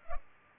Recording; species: mosquito wingbeat signal from an infrared sensor; Culex pipiens